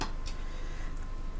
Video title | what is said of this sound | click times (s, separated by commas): FREE SEWING PATTERN Live ended Making The Adventure Bag/ The Big Brother Convertible Bag- PART 1 | that means they're clicked into place for the next step | 0.0 s, 0.3 s